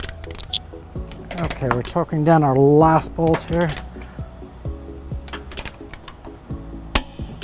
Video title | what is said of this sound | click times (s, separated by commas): 2014 Toyota Prius Plug-In Trailer Hitch Installation | There's our click. | 7.0 s